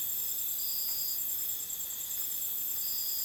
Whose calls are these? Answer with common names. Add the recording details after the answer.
none. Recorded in dense forest near Puerto Asís, Putumayo, Colombia, on 18 February 2024 at 04:00. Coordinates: 0.505, -76.324. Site G6467